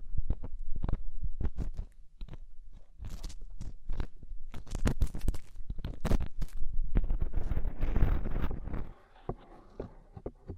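Deep ear cleaning makes a dense stream of rustling, scratching and crackling, with low thuds and rumbles underneath. Sharp clicks and scrapes come rapidly and irregularly, thickening into a busier rasp around eight seconds before dropping quieter near the end.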